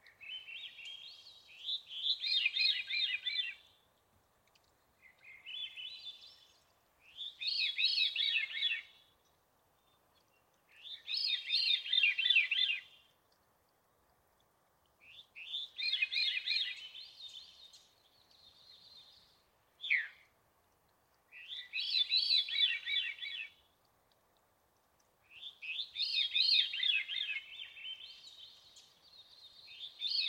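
A Veery sings bright, fluty, spiraling phrases about every three to four seconds, clear against a quiet background, with a brief chirp near twenty seconds.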